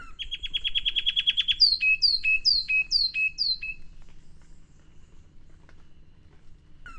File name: cinnycerthia olivascens